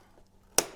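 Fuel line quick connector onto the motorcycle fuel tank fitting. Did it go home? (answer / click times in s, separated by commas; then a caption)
yes / 0.6 s. While refitting the fuel tank on an F3XX replica motorcycle, a fuel line quick-connect coupling is pushed by hand onto the tank fitting. A few quiet handling sounds come first, then a sharp, loud snap at 0.6 s as the connector locks home, fully seated. It must snap in because an unseated connector under fuel pressure can blow off and leak fuel.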